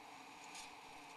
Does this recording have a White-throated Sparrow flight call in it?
no